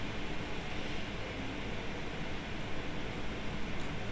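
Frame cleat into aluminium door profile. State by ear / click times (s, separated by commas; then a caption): not seated / none. An opened frame cleat is lined up with an aluminium door profile so its inner portion can go in first. Only a steady broadband hiss is heard, with no hits or sharp sounds. The cleat has not been pushed home and nothing has clicked yet.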